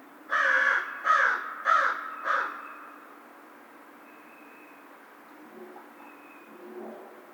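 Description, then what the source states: American crow giving four harsh caws in quick succession, then quiet with faint background sounds and a thin high tone. Recorded 2010-03-02.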